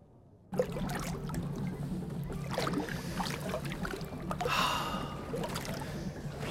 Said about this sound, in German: Ich schlage vor, wir machen dann eine Spazierfahrt zu Wasser in einer Gondel.